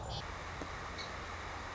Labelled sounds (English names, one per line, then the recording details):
Song Sparrow
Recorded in Sonoma County, California